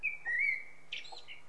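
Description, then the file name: Common blackbird: fluted whistle drawn out for about half a second, followed by a short high twittering note, with a faint low hum underneath. "Turdus merula"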